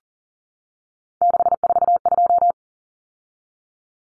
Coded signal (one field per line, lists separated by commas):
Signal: Morse code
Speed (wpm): 40 wpm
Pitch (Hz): 700 Hz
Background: none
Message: 642